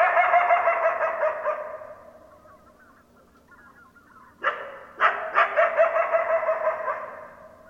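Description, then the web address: Coyote howling, a loud wavering harmonic howl fading over two seconds, a quiet warbling pause, then abrupt yips and a renewed wavering howl. Several coyotes recorded on 10 December 2012. "sounds mammals Coyote 2012 12 10 Coyotes"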